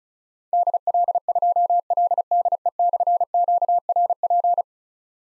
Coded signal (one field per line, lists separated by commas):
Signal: Morse code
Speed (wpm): 36 wpm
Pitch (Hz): 700 Hz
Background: none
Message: DL2LDE/QRP